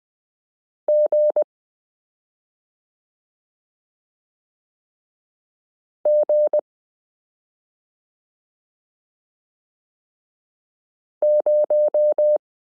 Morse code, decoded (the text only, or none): G G 0